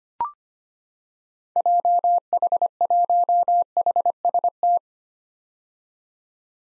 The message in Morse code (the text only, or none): JH1HST